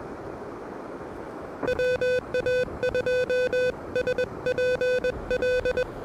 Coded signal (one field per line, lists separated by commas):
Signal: Morse code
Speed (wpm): 22 wpm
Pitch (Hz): 530 Hz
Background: none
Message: WA2SPL